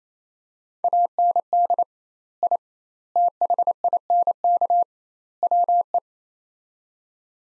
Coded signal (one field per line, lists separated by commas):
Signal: Morse code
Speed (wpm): 28 wpm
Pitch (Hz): 700 Hz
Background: none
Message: AND I THINK WE